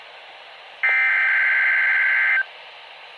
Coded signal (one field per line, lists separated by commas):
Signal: Emergency Alert System (SAME) tones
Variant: header bursts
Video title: Required Weekly test (Noaa Weather Radio) EAS #15 KHB29